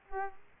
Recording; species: mosquito wingbeat signal from an infrared sensor; Aedes aegypti